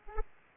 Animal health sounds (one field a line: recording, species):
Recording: mosquito wingbeat signal from an infrared sensor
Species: Aedes aegypti